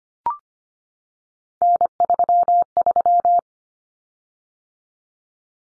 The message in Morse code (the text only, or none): N33